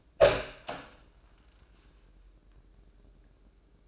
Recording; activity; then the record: daily activity, microphone in the room; open door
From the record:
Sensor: 2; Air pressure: 1012.2 hPa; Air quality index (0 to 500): 162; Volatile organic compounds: 2 ppm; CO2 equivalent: 1179 ppm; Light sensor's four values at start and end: 351/875/355/371 and 350/872/354/369